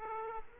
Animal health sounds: mosquito wingbeat signal from an infrared sensor; Aedes aegypti

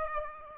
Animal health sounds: mosquito wingbeat signal from an infrared sensor; Aedes aegypti

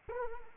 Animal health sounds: mosquito wingbeat signal from an infrared sensor; Anopheles arabiensis

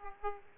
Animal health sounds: mosquito wingbeat signal from an infrared sensor; Aedes aegypti

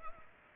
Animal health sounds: mosquito wingbeat signal from an infrared sensor; Culex pipiens

